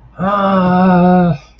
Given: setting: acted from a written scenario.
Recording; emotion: vocal sound without words; distress